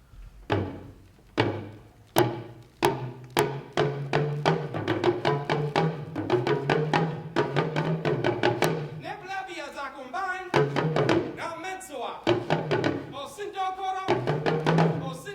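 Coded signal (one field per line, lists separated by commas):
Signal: talking drum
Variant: Dagomba luna (Dagbani)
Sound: fast sequences of resonant drum strokes with low pitch rising and falling, speech-like phrasing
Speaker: let me show you how my drum can talk [Music] [Music] but maybe if you don't understand the language you don't know but I'm speaking a musical poetry that says something about tradition tradition is given to our grandparents they pass it to our parents they pass it on to us and it is our responsibility to pass it on to the next Generation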